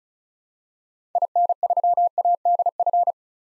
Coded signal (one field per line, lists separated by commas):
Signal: Morse code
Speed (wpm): 36 wpm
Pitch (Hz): 700 Hz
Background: none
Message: IN3ADF